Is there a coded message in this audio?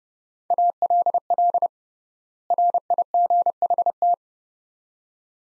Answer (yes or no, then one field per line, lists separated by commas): yes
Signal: Morse code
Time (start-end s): 0.5-4.1 s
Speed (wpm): 31 wpm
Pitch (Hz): 700 Hz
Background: none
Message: ALL RIGHT